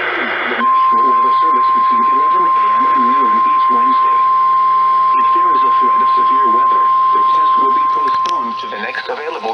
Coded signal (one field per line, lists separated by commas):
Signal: Emergency Alert System (SAME) tones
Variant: 1050 Hz attention tone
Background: speech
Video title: SLIGHTLY LATE THERE, WXL25... EAS Alerts from 6/3/2020-6/30/2020 (EAS #324-336)(Re-Upload)